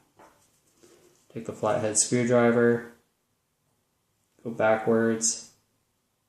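A flathead screwdriver turns a small screw backwards in a threaded hole in an iPhone 4S frame to line up the threads. Someone talks in two short bursts with only faint handling sounds between them. Nothing has seated or clicked yet.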